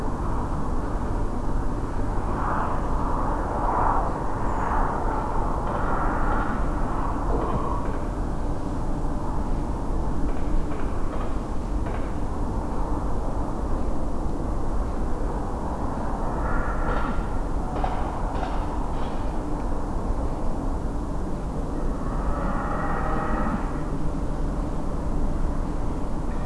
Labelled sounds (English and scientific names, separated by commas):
Redwing (Turdus iliacus)